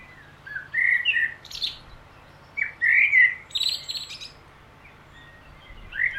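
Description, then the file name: Common blackbird song: brief fluty warbles capped by high squeaky flourishes, a few phrases with short pauses, a soft low hum in the background. "Turdus merula"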